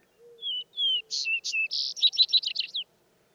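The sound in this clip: Vesper sparrow song: two clear, drawn-out whistled notes, then brighter higher notes breaking into a fast jumbled trill that ends the phrase; faint low tonal notes underneath.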